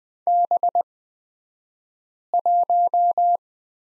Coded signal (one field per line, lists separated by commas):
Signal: Morse code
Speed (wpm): 20 wpm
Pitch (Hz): 700 Hz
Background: none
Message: B1